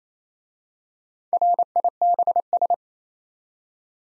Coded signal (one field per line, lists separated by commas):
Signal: Morse code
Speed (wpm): 27 wpm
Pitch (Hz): 700 Hz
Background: none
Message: RIBS